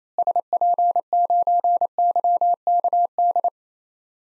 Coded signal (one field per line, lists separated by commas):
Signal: Morse code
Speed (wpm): 28 wpm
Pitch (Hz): 700 Hz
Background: none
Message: SP9YKD